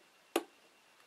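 A small plastic L3 thumbstick button part is pressed into a game controller's housing while the L3 button is being fixed without soldering. Against a quiet background, a single sharp, bright click sounds at 0.4 s at the end of the push, with a faint tap near the end. The click marks the part seating in place.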